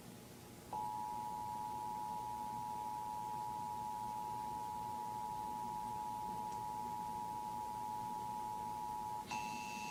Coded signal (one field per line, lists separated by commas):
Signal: Emergency Alert System (SAME) tones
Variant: 853 and 960 Hz attention tone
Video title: Texas Required Monthly Tests (EAS #80-81)